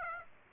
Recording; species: mosquito wingbeat signal from an infrared sensor; Aedes aegypti